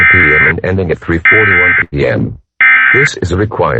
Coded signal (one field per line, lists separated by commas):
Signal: Emergency Alert System (SAME) tones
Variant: end-of-message bursts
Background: speech